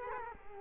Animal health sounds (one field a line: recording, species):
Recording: mosquito wingbeat signal from an infrared sensor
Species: Culex quinquefasciatus